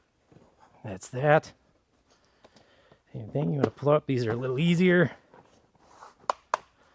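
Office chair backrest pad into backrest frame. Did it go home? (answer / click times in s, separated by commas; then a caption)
yes / 6.3 s, 6.5 s. A backrest pad's plastic channel is fitted onto an office chair's backrest frame while someone talks. Two sharp clicks at 6.3 s and 6.5 s mark the pad snapping into place, seated.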